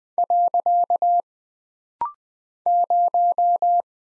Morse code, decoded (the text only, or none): . 0